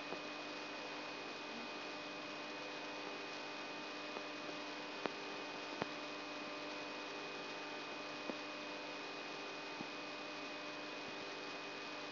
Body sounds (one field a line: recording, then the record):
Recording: brain microelectrode recording played as sound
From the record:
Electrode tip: outside the subthalamic nucleus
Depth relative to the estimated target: -8 mm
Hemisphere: right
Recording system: AlphaMap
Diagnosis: Parkinson's disease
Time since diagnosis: 11 years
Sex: female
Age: 62 years